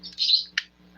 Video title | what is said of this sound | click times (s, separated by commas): Transformers Dinobots Sludge transformation Highlight 23:15 - 28:15 from Athan Craftsman is live! | O narinig niyo po yung clicking sounds | 0.6 s